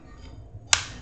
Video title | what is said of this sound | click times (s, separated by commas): Game Boy Teardwon Live -How to teardown and clean your Game Boy Advance | It made a snap. I think you can hear it. | 0.7 s